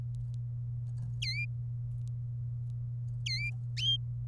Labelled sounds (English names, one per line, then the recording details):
Domestic Canary song
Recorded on 27 April 2018 at 13:03
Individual llb3